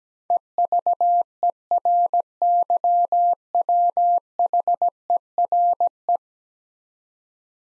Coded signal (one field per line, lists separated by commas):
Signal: Morse code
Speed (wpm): 17 wpm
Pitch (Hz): 700 Hz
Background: none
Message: EVERYWHERE